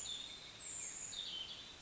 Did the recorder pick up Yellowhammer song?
no